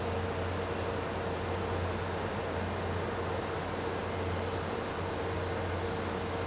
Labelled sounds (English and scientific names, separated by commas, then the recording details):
none
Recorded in pastures near Puerto Asís, Putumayo, Colombia, on 9 March 2025 at 15:30
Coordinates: 0.466, -76.322
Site CSA-02